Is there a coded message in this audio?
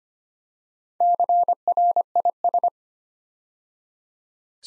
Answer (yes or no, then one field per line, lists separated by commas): yes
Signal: Morse code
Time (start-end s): 1.0-2.7 s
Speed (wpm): 25 wpm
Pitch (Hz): 700 Hz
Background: none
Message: CRIS